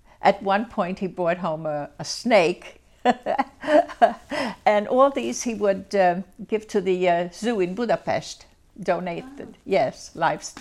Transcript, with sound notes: At one point he brought home a snake (she laughs) and all these he would give to the zoo in Budapest, donate it, yes, live,